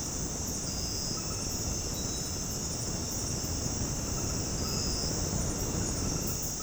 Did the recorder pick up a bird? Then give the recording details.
no. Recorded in dense forest near Puerto Asís, Putumayo, Colombia, on 20 February 2024 at 23:00. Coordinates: 0.486, -76.316. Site G6437